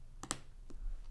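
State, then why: Seated. A new battery's connector is pressed onto the logic board socket of an iPhone 4, giving two sharp clicks at 0.2 and 0.3 seconds, followed by a fainter tap at 0.7 seconds. The battery connector is seated and clicked in.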